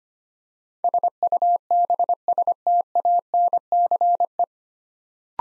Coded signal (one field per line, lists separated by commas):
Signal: Morse code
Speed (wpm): 25 wpm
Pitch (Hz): 700 Hz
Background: none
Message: SUBSTANCE